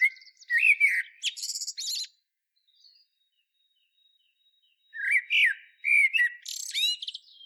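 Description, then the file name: Common blackbird song: two mellow warbled phrases each followed by scratchy high twittering, separated by a few seconds of quiet. "Turdus merula"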